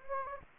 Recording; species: mosquito wingbeat signal from an infrared sensor; Anopheles gambiae